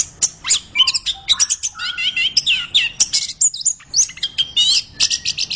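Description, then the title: Orange-headed thrush delivering a lively song of sharp whistles, rattling trills and descending slurs, phrases packed closely together with brief gaps. Singing persistently in full voice, described as 'gacor'. "Anis Kembang Gacor"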